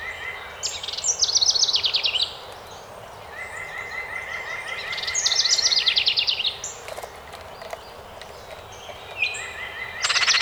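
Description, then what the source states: House wren song in three bubbling, tumbling high bursts spread throughout, with a lower steady chirping series and a few clicks in between. Recorded on 12 May 2018.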